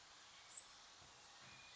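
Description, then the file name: European robin giving two quick, high-pitched thin notes less than a second apart. "Erithacus rubecula"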